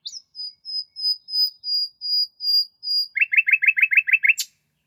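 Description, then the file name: Common nightingale song: a series of several clear piping whistles, then a rapid rattling trill of repeated notes ending in a sharp click. "Nachtigall"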